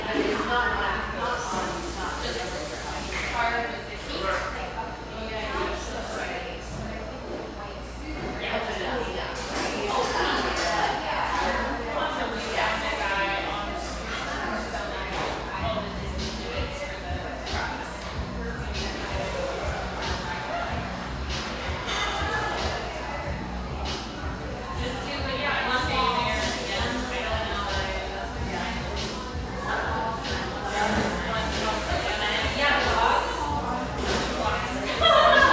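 Voices fill a coffeehouse in a steady, overlapping murmur of conversation, with no single speaker standing out for long. A low hum runs underneath and shifts partway through, and faint clinks and knocks surface now and then.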